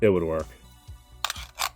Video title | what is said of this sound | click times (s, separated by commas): Power Rangers Super7 Ultimates Dragon Zord- Geekin It No170 | Oh well. I mean, like, it does fit. It just doesn't lock in place. | none